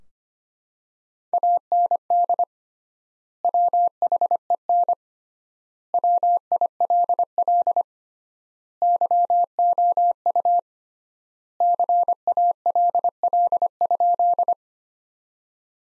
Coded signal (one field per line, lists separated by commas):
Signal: Morse code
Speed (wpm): 25 wpm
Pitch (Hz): 700 Hz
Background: none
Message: AND WHEN WILL YOU CALL?